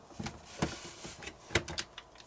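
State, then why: Not seated. A plastic add-on part from a DX9 Atilla figure upgrade set is lined up with the same hole and square pegs and pressed onto a plastic transforming toy figure. Light handling rustle is heard, with sharp knocks near 0.6 s and 1.6 s. The part has not seated or clicked into place yet.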